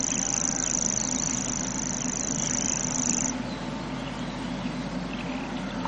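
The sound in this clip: Grasshopper warbler reel, an even, rapid, high trill lasting about three seconds before cutting off, followed by quiet background with a low drone.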